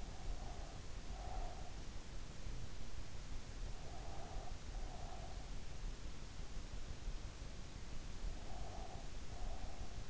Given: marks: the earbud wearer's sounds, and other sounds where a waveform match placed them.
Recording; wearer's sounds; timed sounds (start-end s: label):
sounds in sleep by an in-ear microphone; breath
0.00-1.87 s: breath
3.74-5.50 s: breath
8.32-10.10 s: breath